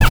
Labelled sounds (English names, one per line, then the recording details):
Zebra Finch kackle call
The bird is a male
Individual mal1